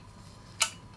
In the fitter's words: got this plastic spacer here, which we can click into place.